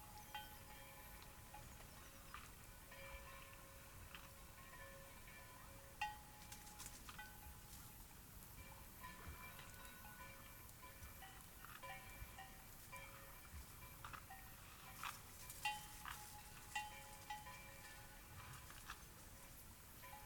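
A cloudy night beside Taylor Lake: a soft, steady hush runs throughout, with a thin, unbroken tone held above it. Faint ticks, clicks and little bright chirps come every second or two, clustering around six and fifteen seconds.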